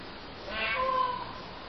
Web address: grito de pavo real